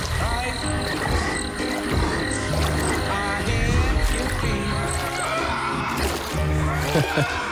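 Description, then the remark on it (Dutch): A reconstructed dinosaur call: deep, throaty croaking bursts pulse repeatedly over a thick, layered drone, staying fairly loud throughout with no voices. “Ja, een mooie reconstructie van geluid. Want dat is ook onbekend natuurlijk, wat voor geluid ze maakt.”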